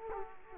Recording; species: mosquito wingbeat signal from an infrared sensor; Culex quinquefasciatus